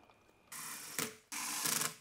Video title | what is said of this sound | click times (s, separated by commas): Tub to Shower Bathroom Remodel - Start to Finish | this will just lock into place so you can see this little locking button right here. | 1.0 s